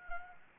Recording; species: mosquito wingbeat signal from an infrared sensor; Anopheles arabiensis